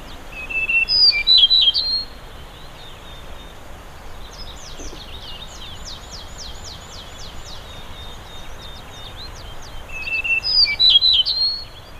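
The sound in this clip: Yellow-breasted bunting calls: bright buzzy chirping phrases around one to two seconds and again near ten to eleven seconds, with thin repeated ticks between, over steady low background noise.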